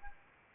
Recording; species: mosquito wingbeat signal from an infrared sensor; Anopheles arabiensis